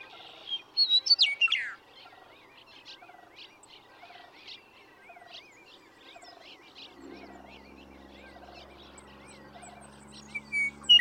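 Western meadowlark sings a descending whistled phrase ending in a gurgle, then again briefly near the end; another bird repeats short chirps steadily in between.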